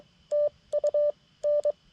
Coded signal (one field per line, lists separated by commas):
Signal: Morse code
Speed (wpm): 22 wpm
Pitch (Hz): 590 Hz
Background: none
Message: TU N